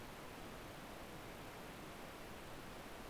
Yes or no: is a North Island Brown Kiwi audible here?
no